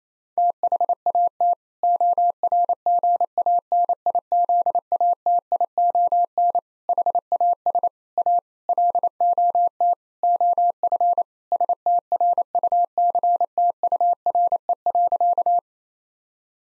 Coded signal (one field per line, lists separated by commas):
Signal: Morse code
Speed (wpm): 27 wpm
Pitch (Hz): 700 Hz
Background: none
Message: THAT ORGANIZATION HAS A LOT OF STRUCTURE.